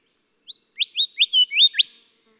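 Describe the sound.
Golden whistler song, a phrase of several whistled notes finished by a strong upward-whipping note.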